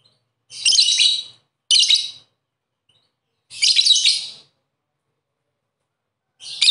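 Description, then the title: Bird chirping in short harsh, buzzy bursts, each under a second, separated by longer silences, with four bursts over seven seconds. "Kicau Burung"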